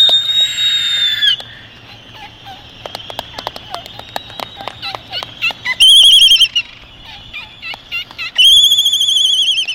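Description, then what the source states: Laysan albatross calls: a drawn-out, harmonic whining note, then a scattered run of sharp clicks and clacks, followed by two loud, buzzy, wavering nasal calls near the end. Soundscape of several Laysan albatrosses.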